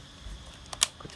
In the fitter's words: จะเข้าล็อกกล้องนะครับ